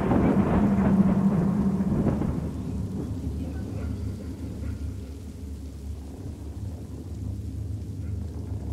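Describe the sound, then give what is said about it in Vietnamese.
Steady drizzling rain outside hisses on without a break, opened by a deep, heavy rumble of thunder that fades after a couple of seconds, leaving the soft, even patter alone. “Bên ngoài cơn mưa vẫn rả rích.”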